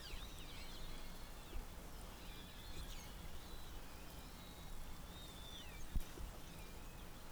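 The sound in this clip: Whale whistles, looping high squeals that rise and fall in short bursts every couple of seconds, with a sharp click late on, against a steady low watery hum.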